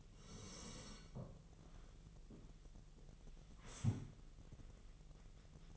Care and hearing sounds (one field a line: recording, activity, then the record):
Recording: daily activity, microphone in the room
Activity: sit down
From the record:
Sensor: 4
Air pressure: 1001.2 hPa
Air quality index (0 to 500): 182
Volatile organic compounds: 2 ppm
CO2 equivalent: 1304 ppm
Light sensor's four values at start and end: 14/32/13/13 and 14/32/13/13